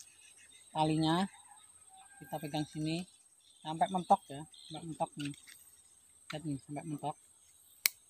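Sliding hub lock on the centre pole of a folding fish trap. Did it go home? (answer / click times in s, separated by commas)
yes / 7.9 s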